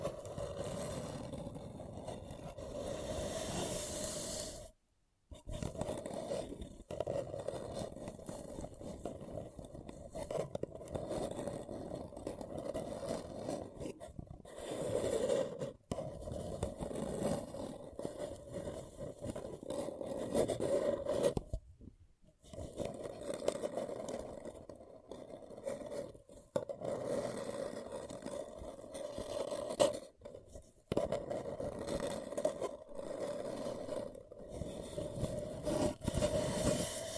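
A paper cup is handled and rubbed in continuous crinkly, scraping passes with a steady papery tone running through. The scratching comes in bursts of several seconds, broken by brief silent gaps near 5, 15, 22, and 30 seconds.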